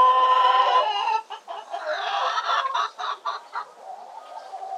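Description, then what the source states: Chickens clucking and cackling together, a drawn-out harmonic squawk at first, then a jumble of short overlapping clucks. Several hens in a hen house, calling together in chorus.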